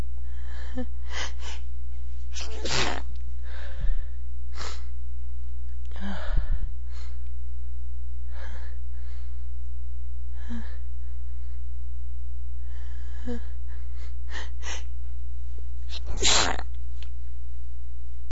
Female sneeze.